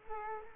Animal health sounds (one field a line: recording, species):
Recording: mosquito wingbeat signal from an infrared sensor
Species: Culex quinquefasciatus